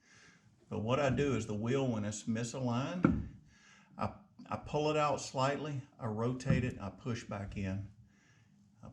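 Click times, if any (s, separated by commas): none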